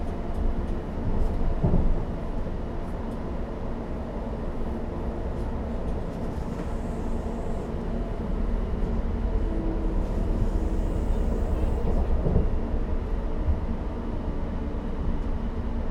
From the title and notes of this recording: Captured on an early morning commuter train. The train is about half full of people making their way into work.